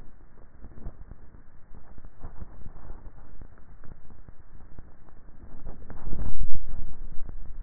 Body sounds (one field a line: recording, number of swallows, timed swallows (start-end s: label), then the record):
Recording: swallowing sounds by neck microphone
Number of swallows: 2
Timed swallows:
1.95-2.75 s: swallow
5.08-5.95 s: swallow
From the record:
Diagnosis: dysphagia